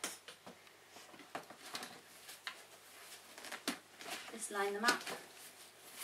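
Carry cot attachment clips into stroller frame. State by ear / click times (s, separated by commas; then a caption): not seated / none. Someone talks while lining up the carry cot's attachment clips with the frame of a Phil and Teds Smart Buggy, with scattered light handling knocks and taps throughout. Nothing has seated or clicked into the stroller frame yet.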